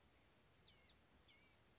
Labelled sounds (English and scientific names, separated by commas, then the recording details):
Blue-gray Gnatcatcher (Polioptila caerulea)
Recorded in Sonoma County, California